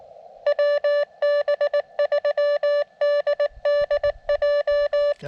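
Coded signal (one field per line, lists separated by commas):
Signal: Morse code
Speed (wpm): 23 wpm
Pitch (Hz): 600 Hz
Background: none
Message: WB3DDJ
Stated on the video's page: QRP CW Parks On The Air activation from a state forest with a KX2 transceiver, in pretty good band conditions.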